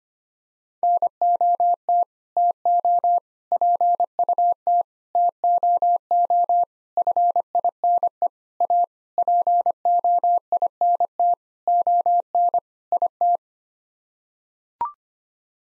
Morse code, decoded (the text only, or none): NOT TO PUT TOO FINE A POINT ON IT